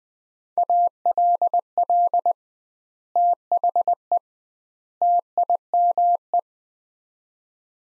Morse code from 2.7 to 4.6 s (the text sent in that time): THE